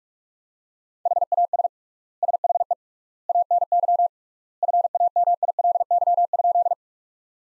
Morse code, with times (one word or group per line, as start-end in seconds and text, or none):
1.1-1.7 HAS
2.2-2.7 SHE
3.3-4.1 ANY
4.6-6.7 FAMILY?